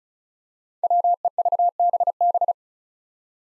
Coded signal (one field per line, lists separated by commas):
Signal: Morse code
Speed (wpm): 36 wpm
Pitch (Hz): 700 Hz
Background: none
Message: WEVBB